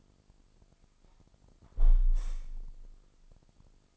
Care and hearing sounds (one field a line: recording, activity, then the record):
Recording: daily activity, microphone in the room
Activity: close window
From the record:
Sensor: 5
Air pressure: 1004.8 hPa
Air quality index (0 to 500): 80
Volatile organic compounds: 1 ppm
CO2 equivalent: 962 ppm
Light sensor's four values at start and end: 29/67/26/24 and 28/65/25/23